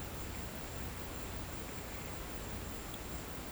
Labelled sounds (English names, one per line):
none